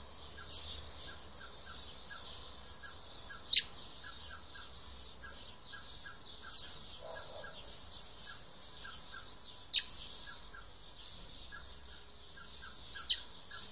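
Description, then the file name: Common blackbird giving sharp, high, clipped call notes about every three seconds, over a steady shrill insect-like drone and a run of soft repeated ticking pips. "Turdus merula"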